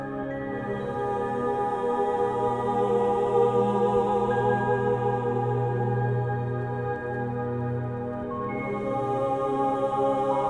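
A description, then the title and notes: Steady layered tones built around 639 Hz and 528 Hz hold for the whole clip, with a deep hum underneath and fainter ringing tones above. The loudness barely changes, with only a gentle slow wavering, like a sustained bowl-like drone. 639 Hz (Love frequency) +528 Hz (Manifesting).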